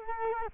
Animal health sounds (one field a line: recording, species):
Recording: mosquito wingbeat signal from an infrared sensor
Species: Culex quinquefasciatus